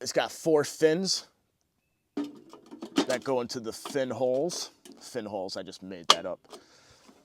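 A metal stovepipe section with four fins is handled at the stove's flue collar, where the fins go into slots and the pipe is meant to twist until it locks. Someone talks throughout, with a few brief sharp sounds near 2.5 to 3.0 seconds. Nothing has seated or locked yet by the end.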